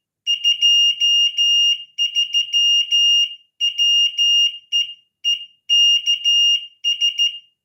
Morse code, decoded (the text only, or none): 2 3 WEEKS